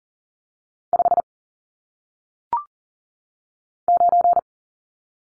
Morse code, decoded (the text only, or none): 5 9